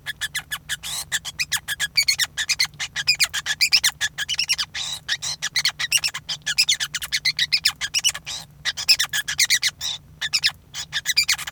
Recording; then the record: song of a male Bengalese finch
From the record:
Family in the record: son of father 5